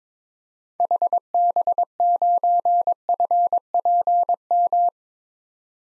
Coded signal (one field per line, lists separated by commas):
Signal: Morse code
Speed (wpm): 21 wpm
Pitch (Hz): 700 Hz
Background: none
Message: HB9FPM